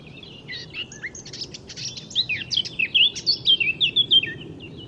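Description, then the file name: Eurasian blackcap with a subdued jumbled warble that swells into a bright flourish of repeated fluted whistles. "Sylvia atricapilla"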